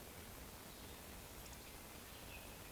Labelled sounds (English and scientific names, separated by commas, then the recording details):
Eurasian Woodcock (Scolopax rusticola) whistle
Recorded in Baden-Württemberg, Germany, on 11 June 2020 at 19:58 UTC
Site 14569, 102 m above sea level